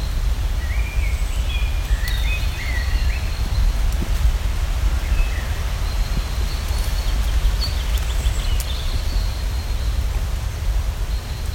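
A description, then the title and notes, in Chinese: Birds chirp and trill in short bright phrases at Atatürk Arboretum in Istanbul, over a steady low rumble of wind throughout. Atatuk植物园，贝尔格莱德Ormalan，Parsel，伊斯坦布尔，土耳其。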